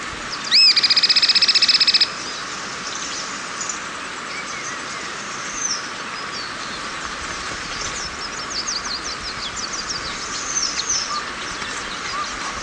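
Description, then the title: Bird song: a loud, high whistled trill of rapid pulses lasting about one and a half seconds, then softer twittering and chirps over steady background noise. "LuckyPassaro Completos2Sama"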